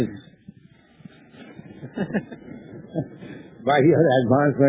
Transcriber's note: chuckles